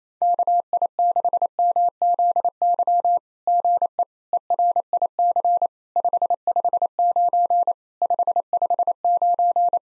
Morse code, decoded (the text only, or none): KI6MZY GE ERIC 559 559